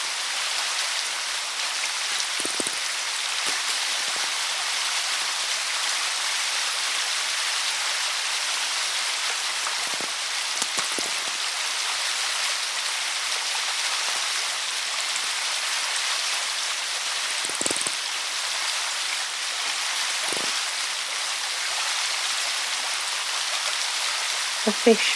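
The River Allen's water makes a steady, dense hiss, bright and even, broken by occasional soft splashes and low gurgles every few seconds.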